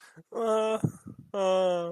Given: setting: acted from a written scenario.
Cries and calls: vocal sound without words; fear

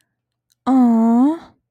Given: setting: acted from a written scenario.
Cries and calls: vocal sound without words; adoration

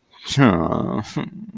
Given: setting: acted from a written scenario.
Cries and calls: vocal sound without words; shame

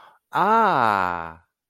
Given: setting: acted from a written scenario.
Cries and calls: vocal sound without words; realization

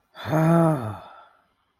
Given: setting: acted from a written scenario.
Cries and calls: vocal sound without words; serenity

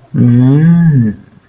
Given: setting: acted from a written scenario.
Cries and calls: vocal sound without words; interest

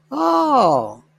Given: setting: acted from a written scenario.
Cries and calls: vocal sound without words; positive surprise

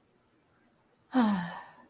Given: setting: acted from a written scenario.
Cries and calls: vocal sound without words; contentment

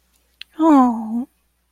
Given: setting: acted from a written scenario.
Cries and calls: vocal sound without words; adoration

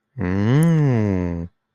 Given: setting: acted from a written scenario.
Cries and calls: vocal sound without words; desire

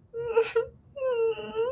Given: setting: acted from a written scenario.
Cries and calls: vocal sound without words; sadness

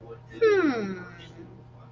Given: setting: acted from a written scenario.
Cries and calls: vocal sound without words; interest

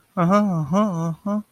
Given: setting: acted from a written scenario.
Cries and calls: vocal sound without words; interest

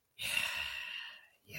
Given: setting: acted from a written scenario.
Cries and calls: vocal sound without words; serenity

